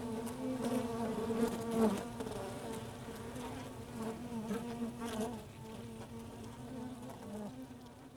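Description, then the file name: Honey bee buzzing, a dense continuous drone with layered harmonics that swells near the start and then eases into a softer, even hum. Recorded inside a beehive. "Ruche Interieur"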